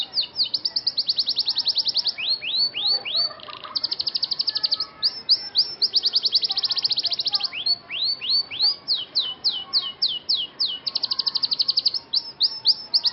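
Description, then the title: Scotch Fancy canary song with long rapid rattling trills alternating with loud swept whistles, continuous and energetic throughout. Scotch Fancy canary singing an elaborate song style called cengkok mewah, described as gacor, meaning singing constantly. "Cengkok Kenari Mewah. KENARI SCOTCH FANCY GACOR CENGKOK MEWAH"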